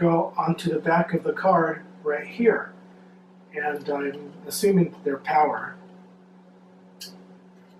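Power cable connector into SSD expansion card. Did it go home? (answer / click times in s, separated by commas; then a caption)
yes / 7.0 s. Someone talks while a power cable connector is plugged onto the back of an SSD expansion card in a Mac Pro desktop computer during a 4TB SSD upgrade. A short, sharp snap is heard at 7.0 s as the connector seats onto the card.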